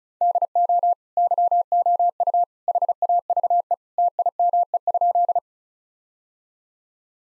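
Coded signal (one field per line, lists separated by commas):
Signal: Morse code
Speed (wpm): 36 wpm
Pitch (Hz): 700 Hz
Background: none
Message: DO YOU HAVE TIME?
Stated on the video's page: Morse practice sentences of common three-word phrases at 35 wpm, each sent, spoken, then sent again for head-copy training.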